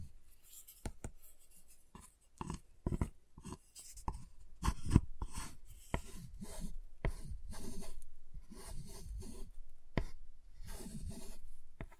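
Tapping, cutting and snapping on a giant chocolate bar, heard as sharp, irregular clicks and knocks every fraction of a second. Between the hits run scraping, rubbing stretches, longer and denser from about six seconds on, with a few louder cracks near five seconds.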